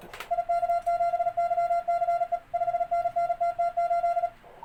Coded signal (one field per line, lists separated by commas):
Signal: Morse code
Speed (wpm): 37 wpm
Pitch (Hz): 690 Hz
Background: none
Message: IK7YCE 5NN TT8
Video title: Morse Code Receiving practice with Morse Runner.